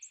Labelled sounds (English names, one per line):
American Redstart flight call